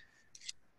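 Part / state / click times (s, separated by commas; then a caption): internal part going back into a rimfire pistol frame / not seated / none. A metal internal part of a Ruger MK-series rimfire pistol is being handled as it goes back into the steel frame. Two short, bright metallic ticks and a scrape come at about 0.4 and 0.5 s over a quiet background. Nothing has seated or clicked yet.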